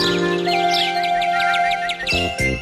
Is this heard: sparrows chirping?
yes